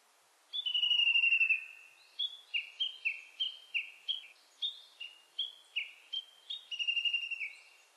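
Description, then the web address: Japanese bush warbler giving a rapid run of short, sharp repeated notes, opening and closing with longer slurred notes. Recorded on 29 April 2001. "2001 010429 uguisu"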